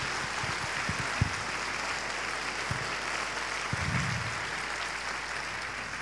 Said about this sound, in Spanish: Para gloria de Dios, un aplauso a nuestra madre. Un aplauso a nuestra madre.